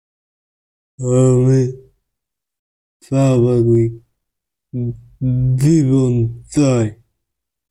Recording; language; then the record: elicited speech; Bengali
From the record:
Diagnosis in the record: Broca's or global aphasia after a stroke